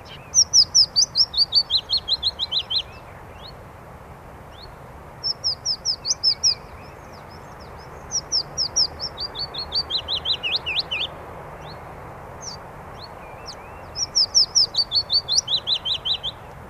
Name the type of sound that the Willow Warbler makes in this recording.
song